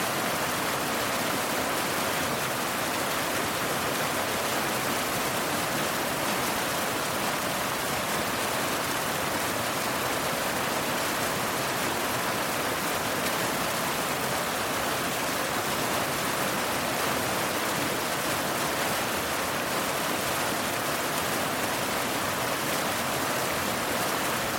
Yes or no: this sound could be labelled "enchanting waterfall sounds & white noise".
yes